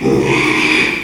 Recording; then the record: squeal of a Yucatan mini pig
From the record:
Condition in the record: after surgery on the right vocal fold (resection and tissue-engineered implant); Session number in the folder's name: 1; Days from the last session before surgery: 6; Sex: male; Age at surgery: 12 weeks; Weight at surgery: 13 kg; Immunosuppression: cyclosporine, prednisolone